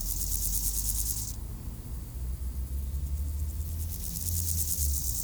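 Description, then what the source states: Grasshopper buzz of rapid high pulses at the start, a pause, then returning near the end, with a passing car's low engine rumble. Grasshoppers by road D633 at Aveize, France, with cars passing, around five o'clock; recorded with a Sony PCM-M10 in AB microphone position.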